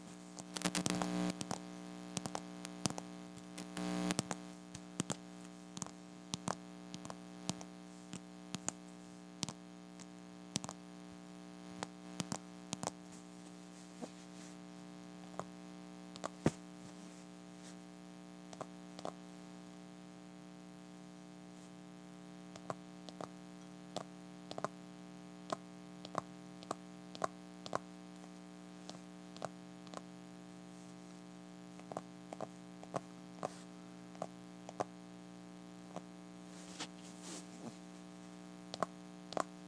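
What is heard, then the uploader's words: Sparse, irregular plastic taps click over a constant low electrical hum, with louder bursts near the start and scattered taps throughout. ASMR Plastic Tapping.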